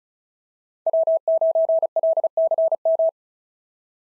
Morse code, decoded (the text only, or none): W9LCM